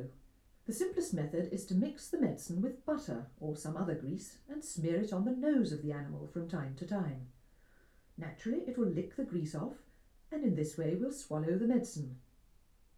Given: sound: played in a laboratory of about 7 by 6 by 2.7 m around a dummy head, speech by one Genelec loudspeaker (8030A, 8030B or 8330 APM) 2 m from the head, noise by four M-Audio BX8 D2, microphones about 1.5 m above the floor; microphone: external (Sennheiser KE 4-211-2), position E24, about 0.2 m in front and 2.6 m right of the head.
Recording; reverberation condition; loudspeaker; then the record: female speech in English; low; 120 degrees to the right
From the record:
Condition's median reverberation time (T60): about 310 ms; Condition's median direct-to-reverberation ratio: about 3.5 dB